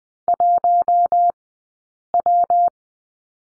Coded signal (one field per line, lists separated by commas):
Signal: Morse code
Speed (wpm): 20 wpm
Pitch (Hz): 700 Hz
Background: none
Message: 1W